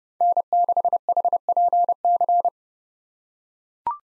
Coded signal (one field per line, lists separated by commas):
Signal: Morse code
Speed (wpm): 31 wpm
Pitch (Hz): 700 Hz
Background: none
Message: N6HPC